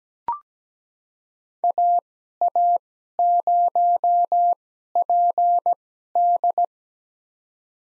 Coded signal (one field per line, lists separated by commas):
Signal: Morse code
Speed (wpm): 17 wpm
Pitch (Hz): 700 Hz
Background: none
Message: AA0PD